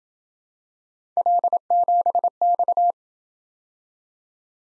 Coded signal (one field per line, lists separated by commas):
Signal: Morse code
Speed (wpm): 27 wpm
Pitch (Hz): 700 Hz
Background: none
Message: L7X